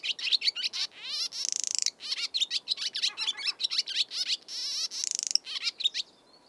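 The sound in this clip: Swallow twittering song: dense, continuous chattering with fast buzzy trills and gurgling notes, barely pausing throughout.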